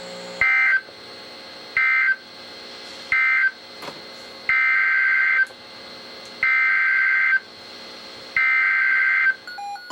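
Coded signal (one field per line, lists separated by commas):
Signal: Emergency Alert System (SAME) tones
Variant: header bursts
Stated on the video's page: NOAA Weather Radio alerts from KHB36 162.550, WXM42 162.475, WNG736 162.450 and KEC83 162.400 MHz, received on Reecom and Sangean radios.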